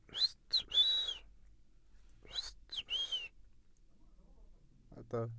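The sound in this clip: Bird song: two whistled phrases, each of two short notes then a longer steady whistle.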